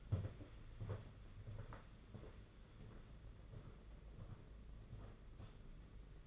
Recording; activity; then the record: daily activity, microphone in the room; walk to room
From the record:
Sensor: 4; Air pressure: 992.9 hPa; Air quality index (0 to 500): 174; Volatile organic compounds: 316 ppm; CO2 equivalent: 4516 ppm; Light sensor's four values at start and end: 4/10/4/4 and 4/10/4/5